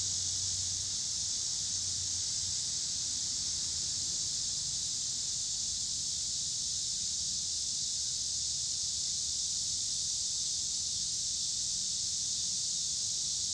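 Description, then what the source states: Steady, loud cicada buzzing fills the recording, unvarying in pitch, while low engine hum from cars rises and fades below. Several cicadas recorded in Pittsburgh, Pennsylvania, on 26 August 2023, with passing cars.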